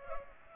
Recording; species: mosquito wingbeat signal from an infrared sensor; Aedes aegypti